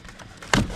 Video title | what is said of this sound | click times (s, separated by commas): 2023-2024 Super Duty Cree LED Hood Mounted & Backup Spartan Lights #superduty #www.f150leds.com | and then what you do is just snap it into place like that I heard him click | 0.5 s